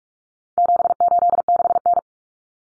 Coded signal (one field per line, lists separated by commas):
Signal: Morse code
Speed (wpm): 44 wpm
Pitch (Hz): 700 Hz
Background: none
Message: 786N